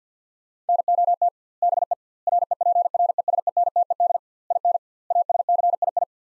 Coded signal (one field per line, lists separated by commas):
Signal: Morse code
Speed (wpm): 50 wpm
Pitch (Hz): 700 Hz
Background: none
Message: NOT BE REPRESENTED IN ASCII